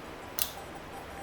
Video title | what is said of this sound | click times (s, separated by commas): Upgrade Laptop💻Acer Aspire 3 A315-54K/54 Cambiar/Instalar SSD M.2, Memoria RAM y HDD/SSD de 2.5 | cho đến khi nghe thấy tiếng click, | 0.4 s